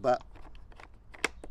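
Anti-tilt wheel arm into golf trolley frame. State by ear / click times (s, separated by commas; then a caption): seated / 1.2 s. Someone talks briefly as the anti-tilt wheel arm of a Motocaddy M7 Remote electric golf trolley is pushed back into its mount on the trolley frame, with a few faint scuffs along the way. A sharp, bright click at 1.3 s marks the arm locking into place, and it is seated.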